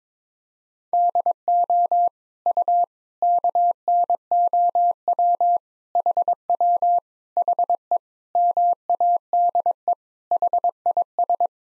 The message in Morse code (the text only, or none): DO U KNOW HW HE MADE HIS